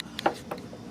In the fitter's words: and just plug straight and once you hear it click you know you're done